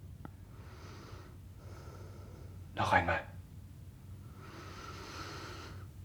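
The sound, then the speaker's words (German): Several slow, deep breaths drawn in with a soft airy hiss, one sharper and louder intake in the middle, and a brief spoken phrase from a voice. “Schauen Sie hinein. Schauen Sie. Atmen Sie ein.”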